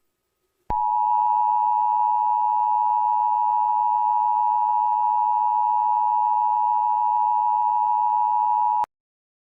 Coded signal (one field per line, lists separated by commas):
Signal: Emergency Alert System (SAME) tones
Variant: 853 and 960 Hz attention tone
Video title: EAS Scenario #9 - Radioactive Outbreak (100 Subscribers)